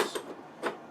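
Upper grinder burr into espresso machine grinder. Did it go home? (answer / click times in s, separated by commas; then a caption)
yes / 0.7 s. The upper copper burr is set into the grinder of a Breville BES870XL espresso machine and rotated clockwise, with brief scraping rattles near the start. A sharp click at 0.7 s marks the burr locking into place, fully seated.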